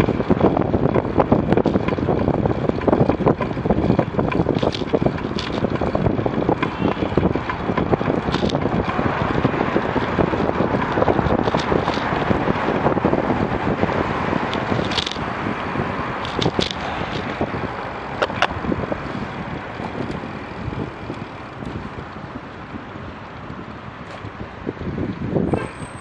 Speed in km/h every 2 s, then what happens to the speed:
25, 26, 26, 27, 24, 26, 22, 19, 15, 13, 12, 11, 11.
0-6 steady at about 26. 6-18 slows to 13. 18-26 steady at about 11.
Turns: none.